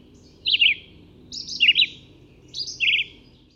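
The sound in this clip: Red-eyed vireo song: three short slurred phrases with brief pauses between them, over a quiet low background hum.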